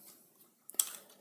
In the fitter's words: until they what I like to say they soft click into place not really a click but it definitely holds in there